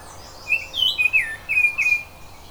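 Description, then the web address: Oriole song: a short run of fluted, slurred whistles, some rising and some falling, delivered quickly over about a second and a half. "zoology oriole"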